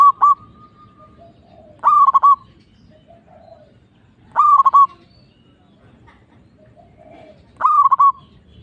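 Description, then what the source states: Zebra dove song: four cooing phrases, each a rising note then quick stuttered coos, repeated every few seconds. Local (lokal) zebra dove, singing.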